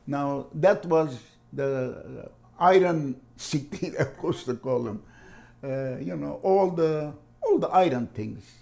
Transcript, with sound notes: Now, that was the iron city -- (laughs) of course, they call 'em. You know, all the -- all the iron things.